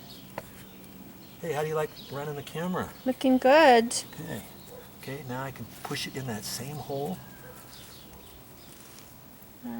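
A small plastic drip irrigation fitting is handled and positioned to be pushed into the same hole in polyethylene drip tubing, but nothing has seated or clicked yet. Someone talks over quiet background noise, with a brief sharp tick near 0.4 s and faint ticks near 9.0 s and 9.4 s.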